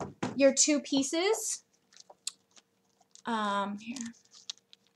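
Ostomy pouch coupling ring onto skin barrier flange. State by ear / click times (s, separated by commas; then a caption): seated / 4.5 s. Someone talks while clipping the two pieces of a two-piece ostomy system back together, pressing the plastic bag coupling ring onto the baseplate's skin barrier flange. After a few faint ticks around 2.0–2.3 seconds, a sharp click at 4.5 seconds marks the coupling seating on the flange.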